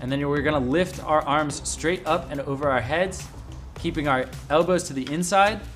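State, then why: Not seated. Someone talks over background music while the spring support arms of a Tilta Armor Man 3.0 gimbal vest are lifted straight up toward the head, elbows kept to the inside. The arm mechanism has not clicked or engaged tension yet.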